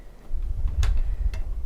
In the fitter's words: Just goes right down into the motherboard and clicks into place.